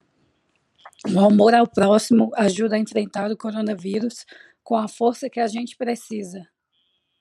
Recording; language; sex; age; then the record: spoken sentence; Brazilian Portuguese; female; 30 to 39 years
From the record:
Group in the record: control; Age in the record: 32 years